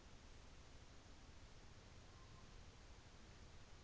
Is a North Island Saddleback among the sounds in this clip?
no